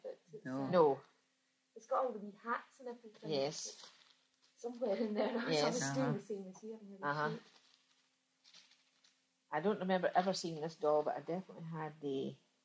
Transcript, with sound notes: But it's eh, it's got all the wee hats and everything.
Yes.
Somewhere in there. [laughs]
Yes, uhuh. I don't remember ever seeing this doll but I definitely had eh,,